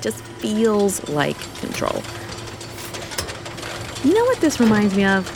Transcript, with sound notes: It just feels like control. (Buttons clicking) Dannah: You know what this reminds me of?